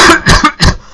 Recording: coughing